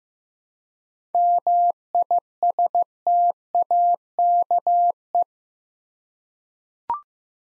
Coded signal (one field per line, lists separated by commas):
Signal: Morse code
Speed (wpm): 15 wpm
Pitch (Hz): 700 Hz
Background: none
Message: MISTAKE